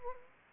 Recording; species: mosquito wingbeat signal from an infrared sensor; Anopheles arabiensis